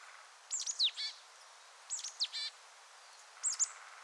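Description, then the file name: Marsh tit calls in three short bursts of sharp high notes, about a second and a half apart; the first two bursts are followed by a couple of quick buzzy notes. "Poecile palustris"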